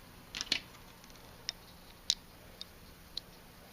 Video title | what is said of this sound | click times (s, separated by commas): Sporlan Smart Service Tool Unboxing | Snap in place like so. | 2.1 s